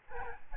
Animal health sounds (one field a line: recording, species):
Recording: mosquito wingbeat signal from an infrared sensor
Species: Aedes albopictus